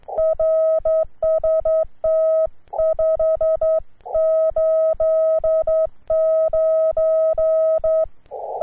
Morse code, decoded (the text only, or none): RST 589